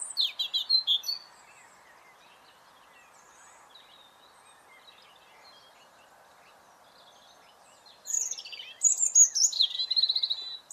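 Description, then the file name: European robin song: a brief burst of high twittering at the start, a long quiet gap, then renewed rapid high warbling phrases. "Erithacus rubecula"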